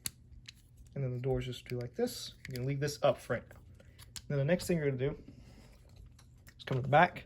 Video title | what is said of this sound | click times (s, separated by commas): An awesome figure for an awesome soldier - SS86 Ultra Magnus Review | And then once that's done, it'll click. | 0.1 s